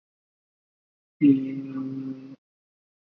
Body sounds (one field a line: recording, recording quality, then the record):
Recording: sustained vowel as in made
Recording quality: poor, much background noise or distortion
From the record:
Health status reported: COVID-19 positive, mild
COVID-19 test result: positive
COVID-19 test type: RT-PCR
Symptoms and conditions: cough, sore throat, fever, fatigue, muscle pain, loss of smell and taste, asthma, hypertension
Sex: male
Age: 30 years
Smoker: yes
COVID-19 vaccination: both doses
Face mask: worn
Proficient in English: yes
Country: India